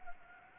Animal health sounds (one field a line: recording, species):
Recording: mosquito wingbeat signal from an infrared sensor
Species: Anopheles gambiae